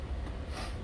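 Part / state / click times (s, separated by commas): cap onto humidifier pad frame / not seated / none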